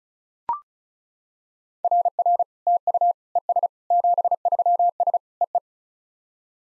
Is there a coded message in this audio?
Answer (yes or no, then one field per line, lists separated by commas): yes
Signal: Morse code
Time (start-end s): 1.8-5.6 s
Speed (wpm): 34 wpm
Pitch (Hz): 700 Hz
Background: none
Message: RR TU ES 73S EE